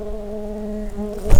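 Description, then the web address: Common carder bee buzz, a steady low hum with stacked even overtones held for over a second, then a sudden loud rustle at the end. Queens. "bumblebees Pascuorum-queens"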